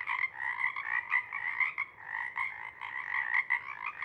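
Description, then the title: Pacific chorus frogs croaking in a dense, rhythmic chorus of overlapping calls. Pond chorus in pre-morning twilight as late night wanes; temperature torpor sets in and individuals leave to hunt; chorus breaks into successive waves circling the pond, then long staccato sections tapering away. "Chorus Frogs, Chorus Waxes and Wanes, pre-morning-twilight"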